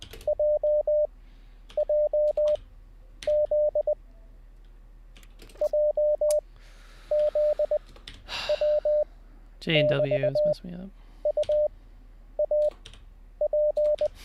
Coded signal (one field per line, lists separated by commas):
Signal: Morse code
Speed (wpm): 20 wpm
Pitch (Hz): 600 Hz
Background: speech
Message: JJZ JZW<BT>UAP